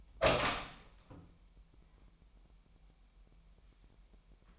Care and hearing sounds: daily activity, microphone in the room; open door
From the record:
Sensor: 1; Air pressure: 998.4 hPa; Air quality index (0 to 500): 128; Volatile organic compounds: 3 ppm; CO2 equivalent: 1527 ppm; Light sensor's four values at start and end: 19/60/24/25 and 19/61/25/25

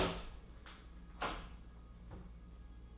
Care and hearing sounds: daily activity, microphone in the room; open door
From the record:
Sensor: 1

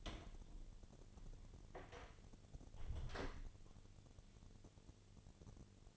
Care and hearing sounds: daily activity, microphone in the room; close door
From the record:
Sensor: 4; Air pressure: 1008.5 hPa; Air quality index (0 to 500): 172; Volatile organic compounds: 5 ppm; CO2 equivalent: 1726 ppm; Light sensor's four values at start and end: 23/73/28/26 and 25/79/30/29

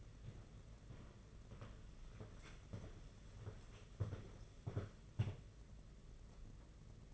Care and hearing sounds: daily activity, microphone in the room; walk to room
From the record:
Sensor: 4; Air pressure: 992.9 hPa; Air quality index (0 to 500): 177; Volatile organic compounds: 358 ppm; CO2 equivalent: 4598 ppm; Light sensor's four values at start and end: 4/10/4/4 and 4/10/4/4

